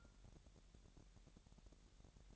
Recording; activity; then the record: daily activity, microphone in the room; take from stove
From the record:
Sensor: 3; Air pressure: 1012.0 hPa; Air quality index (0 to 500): 202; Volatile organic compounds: 3 ppm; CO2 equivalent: 1510 ppm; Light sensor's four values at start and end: 112/264/108/96 and 111/263/108/96